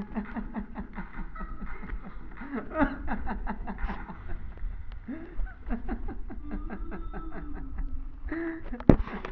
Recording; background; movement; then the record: laughter; music; sitting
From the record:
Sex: male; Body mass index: 21.0 kg/m2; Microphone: on the chest, facing the body